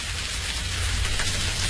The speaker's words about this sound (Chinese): 下雨了，我们该回去了。